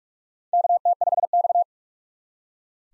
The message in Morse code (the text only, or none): KT5X